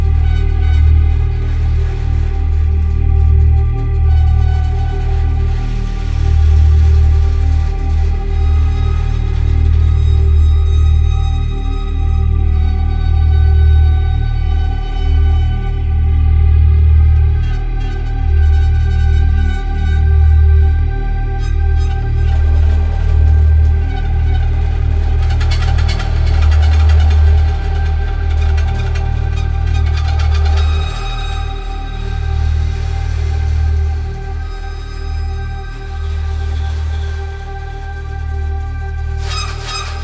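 A large overturned kick drum is rubbed, giving a deep, continuous rumble that dominates the low end and swells in slow waves throughout. Above it, steady synthesized pads hold sustained tones, with brighter scraping textures rising around 25 to 30 seconds.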